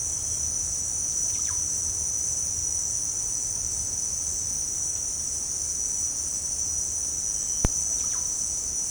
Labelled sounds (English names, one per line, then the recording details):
none
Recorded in pastures near Puerto Asís, Putumayo, Colombia, on 23 June 2025 at 17:30
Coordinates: 0.496, -76.326
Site GP01